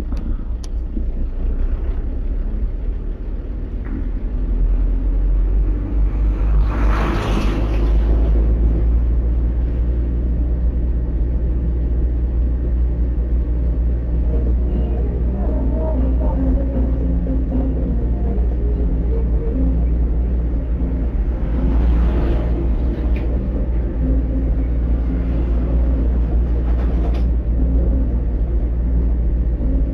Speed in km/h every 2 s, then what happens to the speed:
7, 9, 11, 14, 15, 16, 16, 16, 15, 15, 15, 15, 15, 16, 15.
0-9 speeds up to 16. 9-30 steady at about 15.